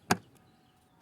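On a 2014 Mustang, the two small plastic tabs of the cabin air filter cover are pressed home into the filter housing during a cabin air filter replacement. One sharp, loud click sounds at 0.1 s, followed by a much fainter tick and quiet background. The tabs are seated.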